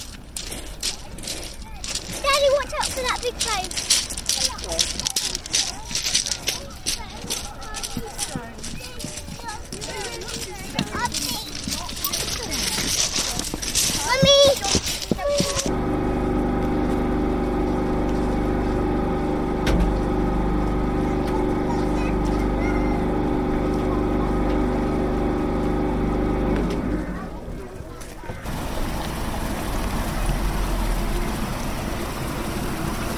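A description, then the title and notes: Outdoor village sounds: voices and clattering footsteps, then a steady engine hum from about sixteen seconds, giving way to quieter open air near the end. A short journey in sound around the East Devon fishing village of Beer.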